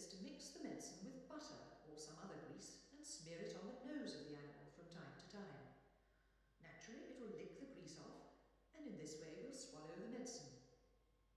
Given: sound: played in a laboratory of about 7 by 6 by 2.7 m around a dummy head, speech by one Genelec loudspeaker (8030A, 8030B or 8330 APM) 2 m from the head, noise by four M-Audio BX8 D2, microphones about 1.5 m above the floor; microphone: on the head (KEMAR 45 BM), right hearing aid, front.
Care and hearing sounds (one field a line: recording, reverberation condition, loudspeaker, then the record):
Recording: female speech in English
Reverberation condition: high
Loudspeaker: in front (0 degrees)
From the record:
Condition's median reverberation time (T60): about 1300 ms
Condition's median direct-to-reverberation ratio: about -4.0 dB